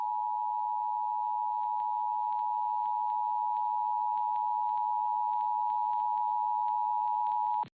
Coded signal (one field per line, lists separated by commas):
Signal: Emergency Alert System (SAME) tones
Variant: 853 and 960 Hz attention tone